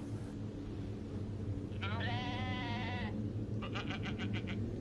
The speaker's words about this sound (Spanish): Rápido apagué la bocina que llevábamos con nosotros, y a lo lejos, poniendo mucha atención, se lograba escuchar el balido de una cabra.